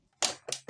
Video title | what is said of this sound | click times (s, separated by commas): ☕ Répare ta Nespresso Inissia : Fuite d’eau ? Plus de pression ? (Tuto rapide) | vous entendez un clip | 0.2 s, 0.5 s